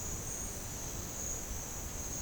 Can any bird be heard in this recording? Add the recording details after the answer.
no. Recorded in pastures near Puerto Asís, Putumayo, Colombia, on 25 June 2025 at 10:00. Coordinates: 0.496, -76.326. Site GP01